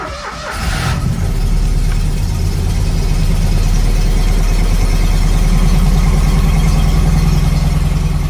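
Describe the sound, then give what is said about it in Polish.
Dozens of small Fiat 126p car engines start up and settle into a steady, loud low rumble, the motors running together with a throbbing idle that holds continuously without voices, as the cars set off from Warsaw for Monte Cassino, Italy. “Kilkadziesiąt Fiatów 126P wyruszy z Warszawy i za cel obierze Monte Cassino we Włoszech.”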